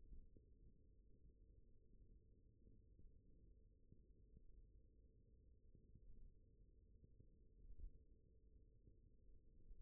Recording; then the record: forearm muscle sounds (acoustic myography)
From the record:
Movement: thumb flexion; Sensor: system 1, eight BSWA MPA416 microphones around the upper forearm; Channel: 6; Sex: male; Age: 18 years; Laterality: right